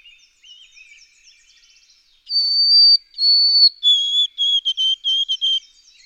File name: White-throated Sparrow